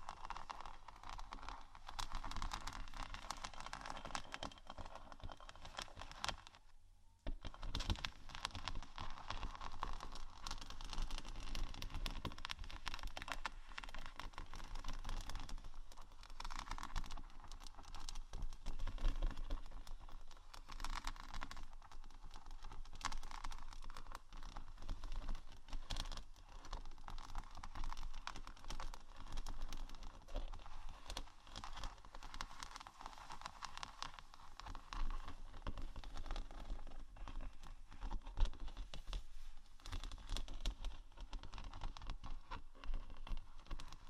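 Fingers scratch and tap on textured surfaces in a dense, continuous stream of small clicks and rasping strokes, crisp and bright through the midrange. The texture is close to rapid typing, with a brief silent gap near seven seconds and one sharper tap around thirty-eight.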